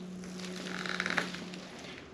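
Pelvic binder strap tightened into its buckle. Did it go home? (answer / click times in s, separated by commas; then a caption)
yes / 1.2 s. A pelvic binder strap is pulled tight into its buckle using the tightening handle while a helper holds the binder firm, tightened until the click that marks the correct compression. A rapid series of sharp hits runs from about 0.9 s to 1.2 s over a steady low hum, and the loudest, at 1.2 s, is the buckle clicking at its set tension.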